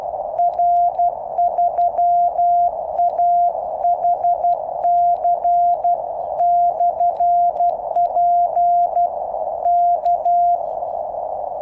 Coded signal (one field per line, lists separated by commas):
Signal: Morse code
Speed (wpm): 12 wpm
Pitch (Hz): 700 Hz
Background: none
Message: R3AHC/P K